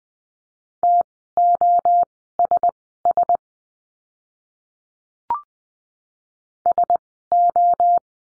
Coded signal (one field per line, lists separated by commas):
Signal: Morse code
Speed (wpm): 20 wpm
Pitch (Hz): 700 Hz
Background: none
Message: TOSS SO